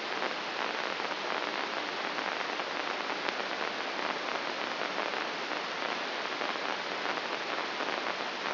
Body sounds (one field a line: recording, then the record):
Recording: brain microelectrode recording played as sound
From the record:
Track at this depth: inside the subthalamic nucleus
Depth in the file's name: 5.816 mm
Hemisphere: left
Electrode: 2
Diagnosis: Parkinson's disease